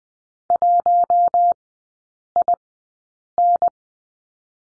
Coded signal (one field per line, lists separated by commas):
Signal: Morse code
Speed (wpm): 20 wpm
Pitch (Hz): 700 Hz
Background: none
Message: 1IN